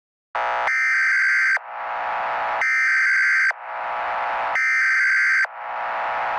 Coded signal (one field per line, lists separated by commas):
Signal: Emergency Alert System (SAME) tones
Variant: header bursts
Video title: EAS Scenario #11 - The Soundwaves of Death